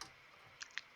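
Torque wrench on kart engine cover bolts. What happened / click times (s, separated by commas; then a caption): The torque wrench clicked at its set torque / 0.8 s. A torque wrench tightens the last cover bolt on a racing kart engine and gives one crisp, sharp click at 0.8 s as it reaches its set torque. A fainter tick comes just before, around 0.6 s, and a brief sound opens the clip at the very start.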